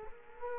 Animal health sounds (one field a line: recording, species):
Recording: mosquito wingbeat signal from an infrared sensor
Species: Culex quinquefasciatus